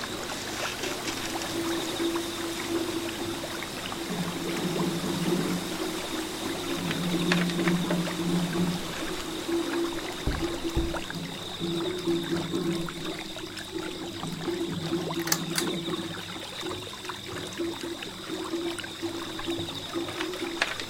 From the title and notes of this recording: A midsummer night full of Zen, the sound of drums echoing on the small bridge and flowing water.